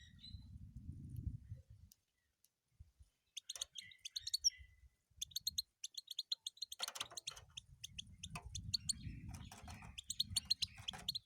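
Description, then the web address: European goldfinch song, rapid high twittering bursts of short tinkling notes with brief buzzy slurs, over a low rumbling background noise at the start and end. "penie schegla"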